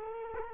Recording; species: mosquito wingbeat signal from an infrared sensor; Culex quinquefasciatus